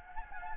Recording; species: mosquito wingbeat signal from an infrared sensor; Anopheles gambiae